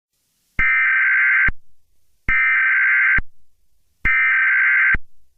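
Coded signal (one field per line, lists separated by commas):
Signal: Emergency Alert System (SAME) tones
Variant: header bursts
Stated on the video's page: Fictional EAS scenario; the alert tones are part of a simulated mock, not a real broadcast.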